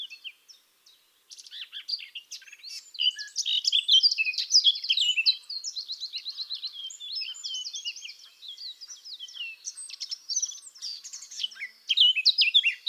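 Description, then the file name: Eurasian blackcap song: after a few sparse notes, a hurried warble of scratchy chirps, short trills and clear whistled notes, loudest in the first half and again at the very end. "Sylvia atricapilla"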